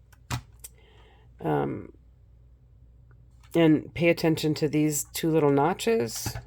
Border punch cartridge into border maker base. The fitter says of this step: this just pops right in there